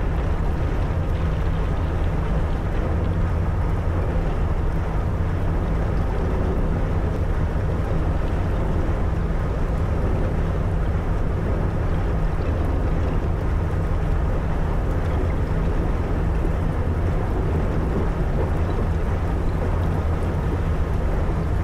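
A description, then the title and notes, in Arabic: An icebreaker ship sailing through the frozen Baltic Sea gives off a steady, dense rumble of engine drone, with low tones that hold constant throughout. A rougher churning texture rides on top, shifting slightly but never breaking, and the loudness stays even from start to finish. الكاسحة الجليدية التي تبحر في بحر البلطيق المتجمد قرب لابلاند الساحرة في فنلندا. همهمة محركات السفينة الإيقاعية وهي تشق طريقها عبر المياه الجليدية.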